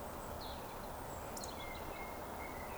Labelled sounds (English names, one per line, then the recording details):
Eurasian Woodcock whistle
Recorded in Baden-Württemberg, Germany, on 11 June 2020 at 19:32 UTC
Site 14569, 102 m above sea level